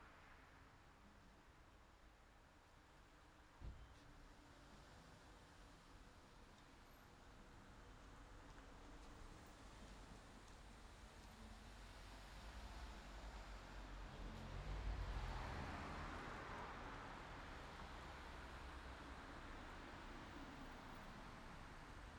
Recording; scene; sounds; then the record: everyday scene through a hearing-aid microphone; in traffic; traffic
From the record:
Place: city secondary road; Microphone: in the ear canal, left